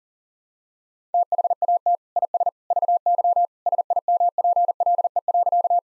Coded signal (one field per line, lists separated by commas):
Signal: Morse code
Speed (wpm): 37 wpm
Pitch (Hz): 700 Hz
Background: none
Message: THAT IS VY SIMPLE.